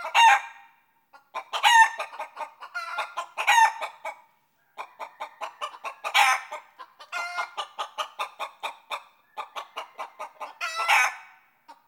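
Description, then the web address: Chicken clucking and squawking: loud harsh cackles at intervals, interspersed with quicker runs of short clucks, continuing throughout. "Movie Sound Effects Chicken"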